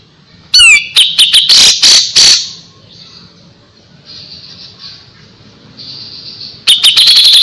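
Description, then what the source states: Grey-cheeked bulbul song: a sharp slurred note, then loud harsh chattering bursts, a quieter buzzy passage, and a rapid harsh chatter again at the end. Song used to train caged birds (masteran); Indonesian local name cucak jenggot.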